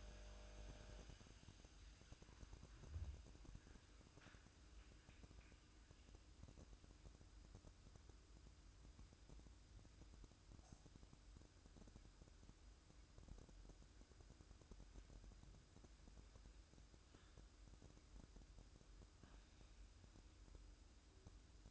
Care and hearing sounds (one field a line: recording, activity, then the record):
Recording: daily activity, microphone in the room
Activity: make coffee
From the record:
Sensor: 2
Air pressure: 1007.2 hPa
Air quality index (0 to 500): 41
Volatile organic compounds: 1 ppm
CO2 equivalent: 542 ppm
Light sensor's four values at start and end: 6/15/6/6 and 6/14/6/6